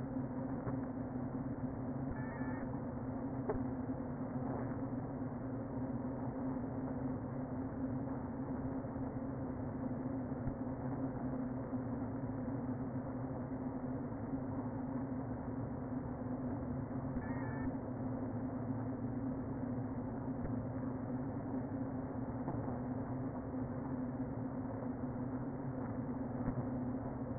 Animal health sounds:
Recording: honeybee colony, microphone inside the hive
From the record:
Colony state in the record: queen present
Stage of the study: before two queens were removed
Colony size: about 60,000 bees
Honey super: yes

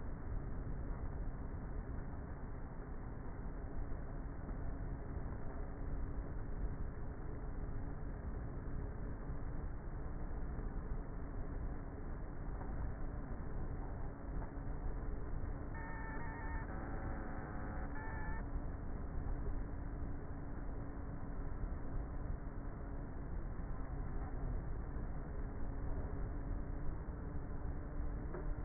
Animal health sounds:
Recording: honeybee colony, microphone inside the hive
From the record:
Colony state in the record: queenless with a low population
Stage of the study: before two queens were removed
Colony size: about 30,000 bees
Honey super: no

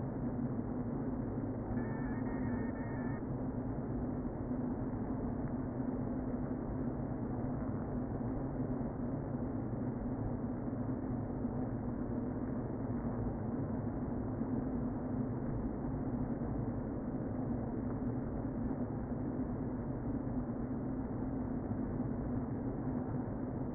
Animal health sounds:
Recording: honeybee colony, microphone inside the hive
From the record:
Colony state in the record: queen present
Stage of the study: before two queens were removed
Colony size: about 60,000 bees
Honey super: yes

